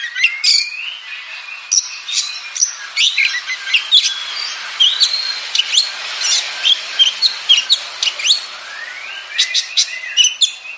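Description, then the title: Oriental magpie-robin song: rapid sharp notes mixed with whistles. Champion singing bird. "Kicau Burung Kacer Juara"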